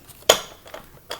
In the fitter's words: it yeah it snaps right in so